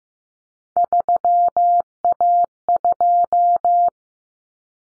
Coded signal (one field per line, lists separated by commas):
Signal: Morse code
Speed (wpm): 15 wpm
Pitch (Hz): 700 Hz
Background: none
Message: 3A2